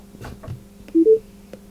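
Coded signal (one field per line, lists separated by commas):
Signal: beep code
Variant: Bose SoundDock 10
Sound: two short beeps, the second slightly higher, after a few faint clicks, over low hum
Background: low hum, handling clicks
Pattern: 2 short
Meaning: Two beeps at power-up mean both speaker channels are working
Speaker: power on two beeps okay one beep indicates that one of the channels is not working no beeps at all indicates you've got a problem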